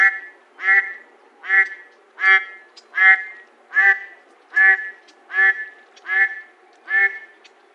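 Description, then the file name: Mallard calling a steady run of about ten rasping, harmonic quacks, each roughly three-quarters of a second apart, evenly paced throughout. "MALL 3"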